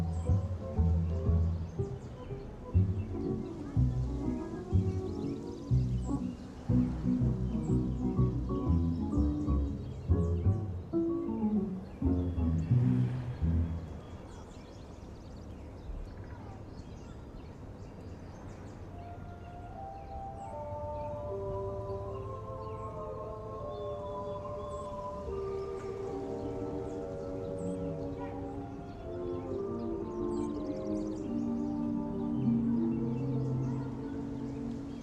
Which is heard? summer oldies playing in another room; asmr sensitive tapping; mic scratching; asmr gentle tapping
summer oldies playing in another room